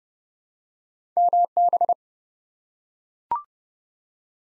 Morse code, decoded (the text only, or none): MB